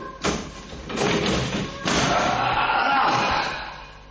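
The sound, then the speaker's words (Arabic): A strange, heavy door is hauled open: three dull, booming thuds in quick succession, then a long rough grinding rumble that swells and slowly fades away. “هذا باب. إنه باب غريب. سأفتحه.”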